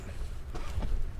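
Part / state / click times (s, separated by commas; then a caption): seat belt tongue into buckle of a truck driver's seat / not seated / none. A truck driver pulls the seat belt across the body and brings the metal tongue toward the buckle of the driver's seat, with a low rumble and faint rustling throughout. Two soft knocks are heard near 0.8 s and 1.2 s. Nothing has seated or clicked yet.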